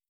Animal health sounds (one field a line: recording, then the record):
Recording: hydrophone in a shrimp aquaculture tank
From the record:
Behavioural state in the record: stressed